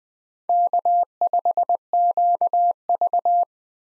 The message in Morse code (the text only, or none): K5QV